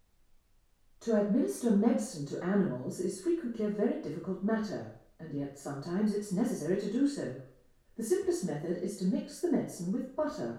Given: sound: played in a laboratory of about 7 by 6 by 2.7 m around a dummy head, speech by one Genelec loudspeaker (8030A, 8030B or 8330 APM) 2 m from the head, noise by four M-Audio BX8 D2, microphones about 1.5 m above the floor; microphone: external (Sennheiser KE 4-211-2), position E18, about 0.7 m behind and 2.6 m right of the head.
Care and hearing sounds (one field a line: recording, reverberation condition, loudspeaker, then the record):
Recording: female speech in English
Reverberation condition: medium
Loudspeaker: 150 degrees to the right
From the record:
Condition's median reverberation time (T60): about 510 ms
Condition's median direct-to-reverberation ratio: about -0.5 dB